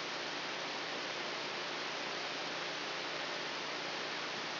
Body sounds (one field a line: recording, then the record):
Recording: brain microelectrode recording played as sound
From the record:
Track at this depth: outside the subthalamic nucleus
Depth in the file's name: 7.004 mm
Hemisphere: left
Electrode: 3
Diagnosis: Parkinson's disease